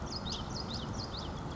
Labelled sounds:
Common Yellowthroat
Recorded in Sonoma County, California

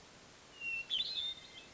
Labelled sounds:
Hermit Thrush
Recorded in Sonoma County, California

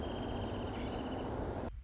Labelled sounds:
Wrentit
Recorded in Sonoma County, California

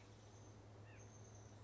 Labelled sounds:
White-breasted Nuthatch
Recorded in Sonoma County, California

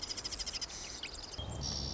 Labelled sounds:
Marsh Wren
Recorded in Sonoma County, California

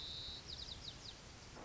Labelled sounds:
White-crowned Sparrow
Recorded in Sonoma County, California

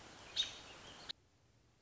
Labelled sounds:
American Robin
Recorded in Sonoma County, California

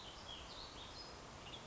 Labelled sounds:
Western Tanager
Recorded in Sonoma County, California

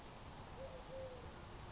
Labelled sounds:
Eurasian Collared Dove
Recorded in Sonoma County, California

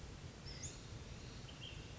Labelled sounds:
Ash-throated Flycatcher
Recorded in Sonoma County, California

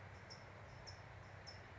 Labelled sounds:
California Towhee
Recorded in Sonoma County, California

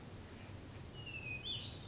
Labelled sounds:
Hermit Thrush
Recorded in Sonoma County, California

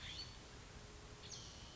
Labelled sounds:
California Scrub-Jay
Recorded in Sonoma County, California

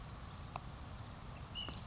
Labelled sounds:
Ash-throated Flycatcher
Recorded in Sonoma County, California

